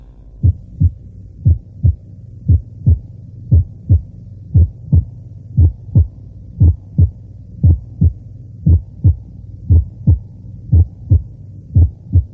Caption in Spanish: La sístole ventricular derecha se retrasa, con lo cual también lo hace el componente tricuspidio, separándose del componente mitral. Se produce un desdoblamiento del primer ruido. Oiremos los ruidos normales y añadiremos el componente tricuspidio a fin de hacerlo más evidente.